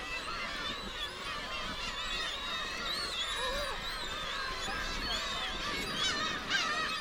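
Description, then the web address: Gulls calling in a dense colony, many overlapping mewing and wailing cries rising and falling, forming a continuous chorus over a steady background rumble. Distant seagulls at a seagull island at Hachinohe, Japan. "Foundation 1 AMBIENCE HACHINOHE SEAGULL ISLAND DISTANT"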